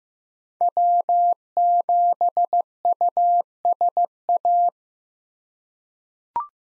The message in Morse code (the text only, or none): W7USA